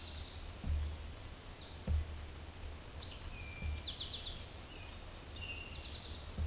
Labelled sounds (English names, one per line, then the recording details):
Eastern Towhee song
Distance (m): 55 m
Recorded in a Pennsylvania forest on 17 May 2023 at 13:14
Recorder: AudioMoth, point grid1_3_low
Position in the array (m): 119 m, 84 m